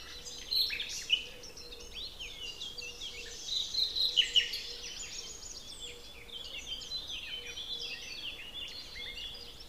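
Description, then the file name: Common nightingale song: scattered high chirps and a rapid run of clear whistled notes midway, then softer phrases. "Luscinia megarhynchos"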